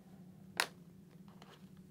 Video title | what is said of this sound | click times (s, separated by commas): SENA SRL2 Install on the Shoei GT-Air II Helmet - Sportbike Track Gear | you can hear that audible click drops right into position lines up quite nicely | 0.6 s